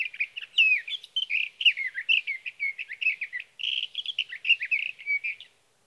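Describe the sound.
Sage thrasher song, an extended warbling stream of varied chirps, slurs and whistles running about five and a half seconds before stopping.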